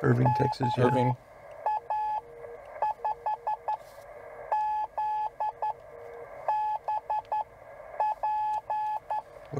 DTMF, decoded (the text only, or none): none